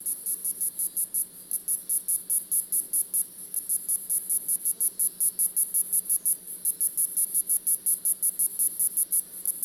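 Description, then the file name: Cicada song: a rapid series of high, sharp pulses, steady and even throughout, with a faint low hum underneath. "cicada titti"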